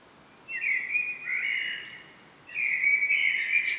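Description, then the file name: Common blackbird song: two fluty, warbled phrases around mid pitch, each lasting over a second, separated by a short pause. "Turdus merula"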